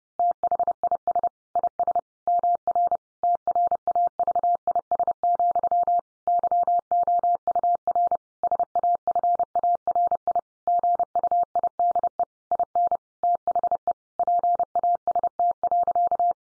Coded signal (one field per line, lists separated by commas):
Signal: Morse code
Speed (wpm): 30 wpm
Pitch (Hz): 700 Hz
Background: none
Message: THIS IS MR TRAVIS, YOUR SAFARI GUIDE IN THE PAST.